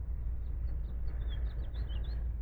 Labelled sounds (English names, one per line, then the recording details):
House Finch song
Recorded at Wantagh on Long Island, New York, on 21 May 1975
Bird A